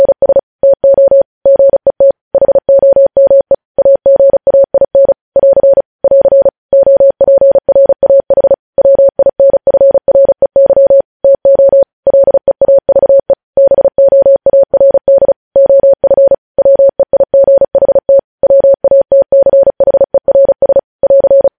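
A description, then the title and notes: Morse code is tapped out as a single steady tone around 600 Hz, switching on and off in short dots and longer dashes with brief silent gaps between letters. The keying runs continuously for the whole stretch at an even pace, clean, with no background sound. Morse code transcription.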